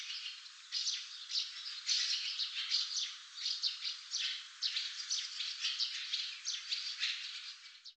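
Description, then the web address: Barn swallow twittering: a rapid, continuous run of high chirping and buzzy notes. "cianscape birddata Deverinetal 2025"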